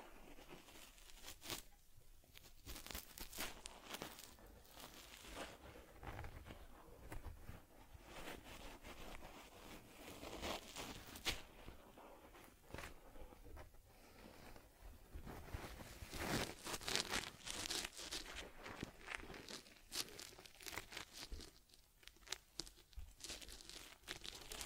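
Care of a teddy bear: steady rubbing, brushing and crinkly rustling against its fur, made of dense, rapid scratchy strokes. The sounds grow brighter and busier around the middle, with short quieter gaps near the start and again toward the end.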